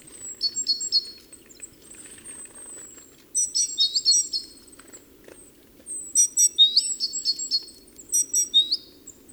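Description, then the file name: Great tit calls: quick rhythmic groups of high clipped notes, each group three or four notes, coming in several bursts separated by short quiet spells. "Parus major"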